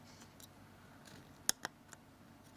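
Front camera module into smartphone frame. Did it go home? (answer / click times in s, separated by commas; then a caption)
yes / 1.5 s. During reassembly of a Galaxy S2 smartphone for a screen replacement, the small secondary (front) camera module is pressed gently down into its slot in the phone's frame. A sharp click at 1.5 s marks it snapping into place, followed by a softer tick at 1.7 s and a faint one at 1.9 s over a quiet background. The camera module is seated.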